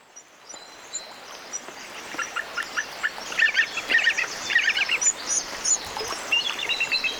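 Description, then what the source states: Bald eagle calls: thin, high chirping notes in short irregular bursts, building after the first two seconds over a steady background hiss. Fledgling bald eagle learning to fish for salmon near Glacier Bay, Alaska.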